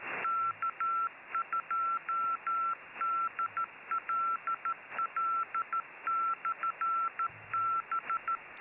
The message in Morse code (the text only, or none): K2DLL/B